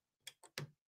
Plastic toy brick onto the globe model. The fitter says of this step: listen to this brick snap ready